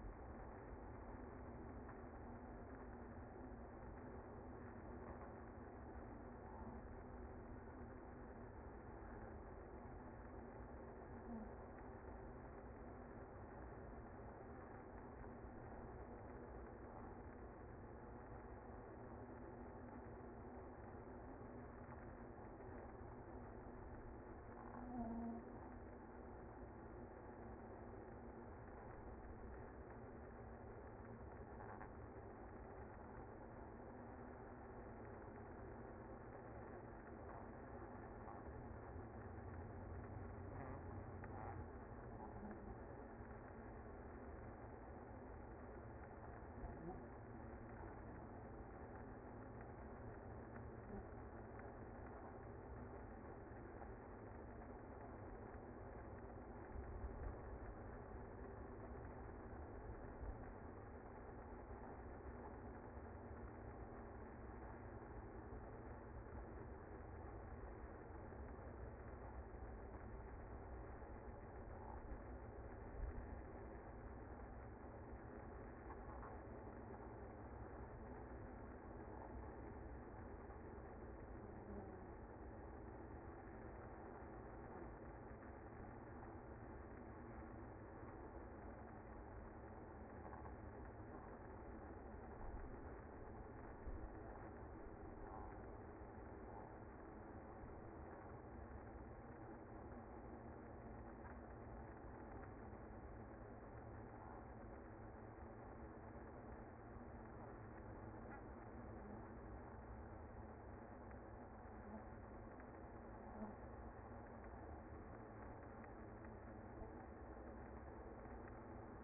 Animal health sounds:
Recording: honeybee colony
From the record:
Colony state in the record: active

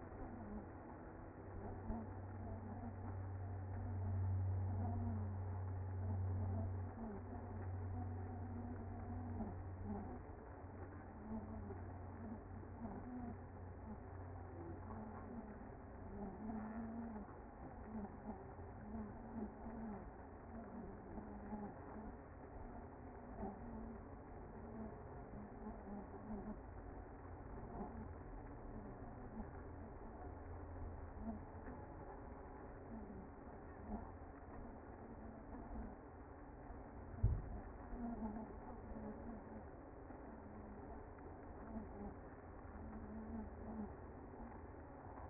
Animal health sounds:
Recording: honeybee colony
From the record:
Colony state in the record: active

